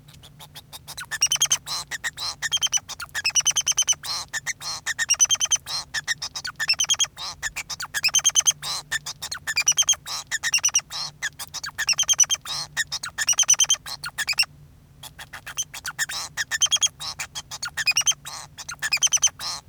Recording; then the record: song of a male Bengalese finch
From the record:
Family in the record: son of father 2